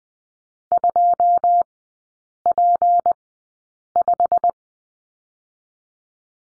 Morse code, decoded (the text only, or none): 2P5